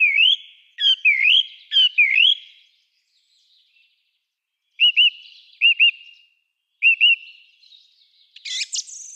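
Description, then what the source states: Song Thrush song: a clear whistled rising phrase repeated three times, a pause, then a short double note repeated three times, ending in a high scratchy flourish. Song repeated in motifs 2 to 5 times before the next; up to 70 motifs, includes imitations of other birds; audible early March; sung from tops of mid-height trees or bushes.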